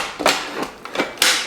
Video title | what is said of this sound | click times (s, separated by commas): *Super Hero Themed* Ice Cream Popsicles! | lock into place and then hit ice cream that's it | 1.2 s